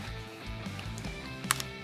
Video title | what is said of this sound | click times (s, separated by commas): Malice Clips and How They Work - Predator Armor | Hear it click, and then you pull it tight. | 1.5 s